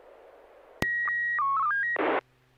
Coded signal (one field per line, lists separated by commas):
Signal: SSTV (slow-scan television)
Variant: PD 120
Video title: N6NA SSTV Net - 09/27/2023